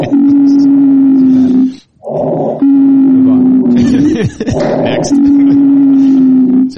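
Expiratory wheezing in an adult chest heard by stethoscope: a sustained musical tone around 250 Hz during each breath out, separated by quieter breaths in.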